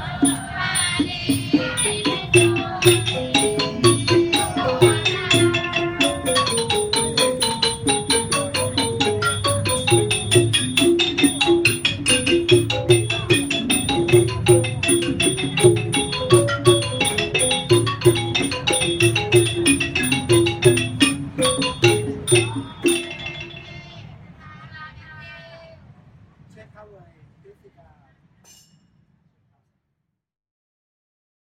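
Medicine Buddha chanting from Shishi Chan Temple in Xiamen, with dense sustained voices over a deep low drone and a steady, regular percussive beat. The full sound stops abruptly around 23 seconds, leaving a few faint scattered notes that fade to silence by about 29 seconds.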